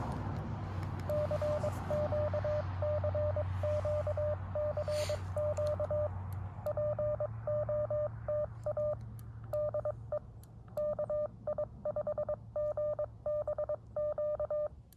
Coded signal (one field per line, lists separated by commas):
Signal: Morse code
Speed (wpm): 22 wpm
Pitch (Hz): 600 Hz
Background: radio noise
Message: CQ CQ CQ POTA DE KI5GBQ